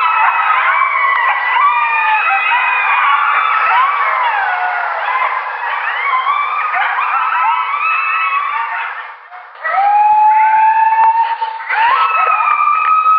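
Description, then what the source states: Coyotes howling as a pack: many overlapping wavering howls and yips rise and fall together for about nine seconds, dip briefly, then resume around one long, steady howl. Several coyotes howling together as a pack.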